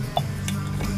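A steel snap ring is opened with snap-ring pliers and worked over the edge of a cast GoPed 78mm scooter motor mount, on its way to the groove. Brief metallic ticks are heard at about 0.2 and 0.5 s over a steady low hum. Nothing has seated or snapped in yet.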